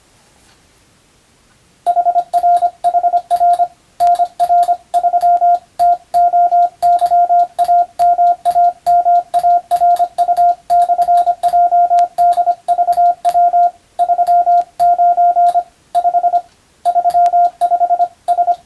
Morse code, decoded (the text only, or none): HRHR NR3 TOYAMAMARU/JDVW 39 5 35 S